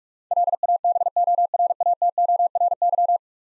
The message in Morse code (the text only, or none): LABORATORY